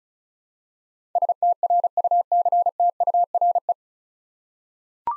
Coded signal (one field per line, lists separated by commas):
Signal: Morse code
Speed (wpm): 36 wpm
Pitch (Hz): 700 Hz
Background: none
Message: STRUCTURE